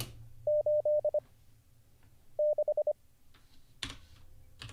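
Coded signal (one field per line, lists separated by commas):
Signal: Morse code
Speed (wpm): 25 wpm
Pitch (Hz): 600 Hz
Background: none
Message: 8 6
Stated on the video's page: Morse learning practice livestream, drilling J, B, X, Z, 6, 7, 8, P, F, G and all characters mixed.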